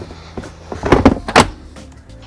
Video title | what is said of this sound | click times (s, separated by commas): La manera segura de llevar a los niños en los automóviles - Día a Día - Teleamazonas | colocamos el portabebé dentro hasta Escuchar El click | 0.9 s, 1.1 s